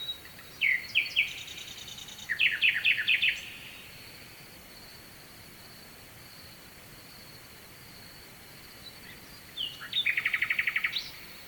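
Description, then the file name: Nightingale song in short bursts: a few sharp notes and a quick rattle, a long quiet stretch of steady hiss, then a fast buzzy trill. Sung at night with a distant stream, Kovachevitsa, Bulgaria. "Noshten slavej i dalechen potok (s Kovachevica)"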